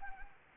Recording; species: mosquito wingbeat signal from an infrared sensor; Anopheles arabiensis